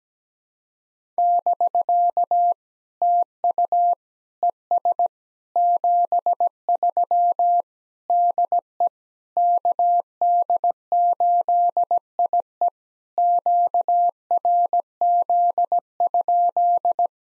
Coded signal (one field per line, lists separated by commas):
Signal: Morse code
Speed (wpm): 17 wpm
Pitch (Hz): 700 Hz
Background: none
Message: <BK> TU ES 73 DE KD8IE QRZ?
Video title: POTA QSO Practice - 17wpm